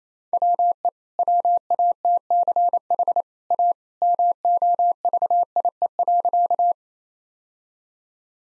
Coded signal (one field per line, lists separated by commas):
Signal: Morse code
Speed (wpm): 28 wpm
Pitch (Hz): 700 Hz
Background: none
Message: WE WATCH A MOVIE.